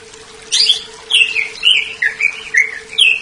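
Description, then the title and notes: Leafbird giving a series of short bright whistled and chirping notes, many slurring downward, with a steady background hum. Small-leaf ('daun kecil') type. "CCKIJDaunKecil. Cucak Ijo"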